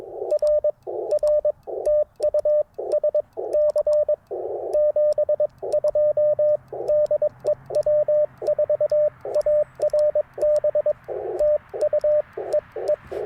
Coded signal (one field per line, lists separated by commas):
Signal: Morse code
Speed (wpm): 22 wpm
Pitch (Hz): 590 Hz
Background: radio noise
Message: R R TU SC 72 DE W4ARB TU E E